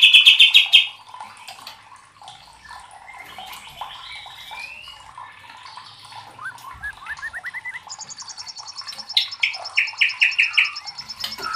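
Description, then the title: White-rumped shama song: opens with a loud rapid trill, then soft varied whistles and chirps, ending with a high fast rattle and rising repeated notes. Masteran (training recording for cage birds), labelled labaik. "MURAI BATU LABAIK"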